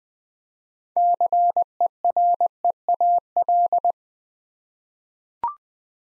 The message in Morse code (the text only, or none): CEREAL